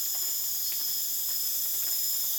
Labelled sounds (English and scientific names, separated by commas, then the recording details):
none
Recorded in dense forest near Puerto Asís, Putumayo, Colombia, on 24 June 2025 at 20:30
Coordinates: 0.484, -76.325
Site H65